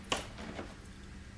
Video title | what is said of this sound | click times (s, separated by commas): Mopar Performance Radiator & Mishimoto Hose Install - 2015 Jeep Wrangler JK | snapped right in | 0.1 s